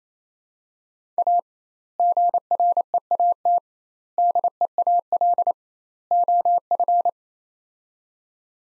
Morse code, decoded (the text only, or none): A GREAT DEAL OF